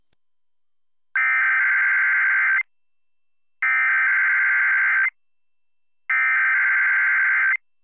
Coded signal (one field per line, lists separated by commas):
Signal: Emergency Alert System (SAME) tones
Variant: header bursts